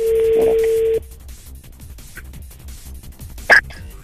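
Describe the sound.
A loud, steady telephone dial tone hums at one constant pitch for about a second, then cuts off abruptly, leaving quiet murmuring voices and a brief sharp noise near the end.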